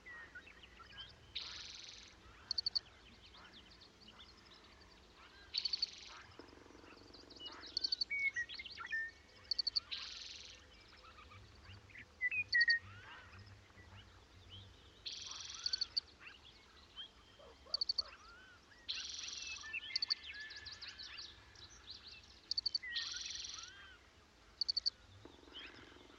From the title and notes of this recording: This week’s episode of Sound Escapes takes us to Pipestone Canyon in Eastern Washington, where you can hear a ridgetop wind come from a mile away.